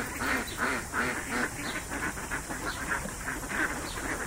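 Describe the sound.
Ducks quacking, several nasal quacks overlapping at an uneven quick pace, over a steady hiss.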